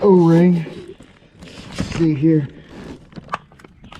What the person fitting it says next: I don't know if you heard that. That was it popping in.